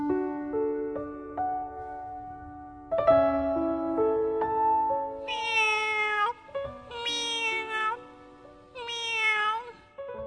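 A kitten at the side of a street meows insistently, starting with softer, wavering cries and building to three loud, high-pitched, drawn-out meows spaced about a second apart, each bending up and then down in pitch.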